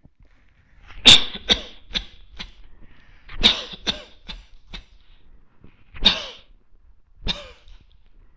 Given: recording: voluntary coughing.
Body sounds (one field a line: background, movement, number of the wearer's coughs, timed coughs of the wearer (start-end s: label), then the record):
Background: quiet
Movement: sitting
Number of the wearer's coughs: 10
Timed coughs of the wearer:
1.03-1.38 s: cough
1.47-1.75 s: cough
1.93-2.19 s: cough
2.19-2.61 s: cough
3.41-3.79 s: cough
3.86-4.14 s: cough
4.14-4.59 s: cough
4.59-4.92 s: cough
6.03-6.45 s: cough
7.28-7.62 s: cough
From the record:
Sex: male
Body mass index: 20.6 kg/m2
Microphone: on the chest, facing the body